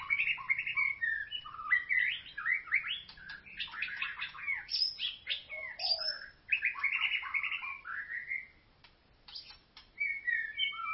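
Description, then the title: White-rumped shama song: a rich, fast run of varied whistles, trills and chattering notes, with short sharp clicks and a brief pause near the end. "Kicau Murai Batu"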